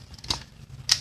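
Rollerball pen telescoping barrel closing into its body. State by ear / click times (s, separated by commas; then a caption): seated / 0.9 s. A Cross Edge rollerball pen's telescoping barrel is pushed closed into its body. A few faint ticks and a softer click at about 0.3 s come before a sharp click at 0.9 s. The barrel snaps shut into its closed position, and the pen is good to go.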